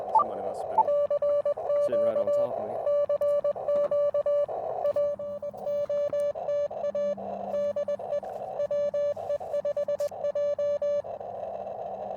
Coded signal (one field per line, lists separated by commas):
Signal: Morse code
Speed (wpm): 21 wpm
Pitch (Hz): 580 Hz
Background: speech, radio noise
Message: CQ CQ AOTA DE WE5J